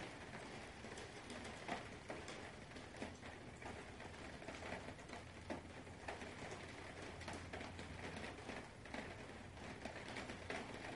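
Steady rain falls in a dense, even hiss, with countless small patters and occasional sharper drips cutting through. A low, soft rumble sits underneath throughout, swelling slightly in the second half, and the overall level stays constant.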